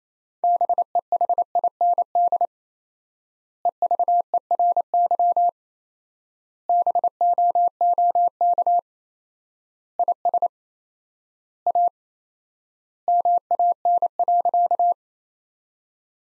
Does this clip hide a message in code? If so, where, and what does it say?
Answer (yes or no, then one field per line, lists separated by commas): yes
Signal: Morse code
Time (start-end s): 0.4-14.9 s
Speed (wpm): 28 wpm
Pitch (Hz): 700 Hz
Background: none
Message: BEHIND EVERY BOOK IS A MAN.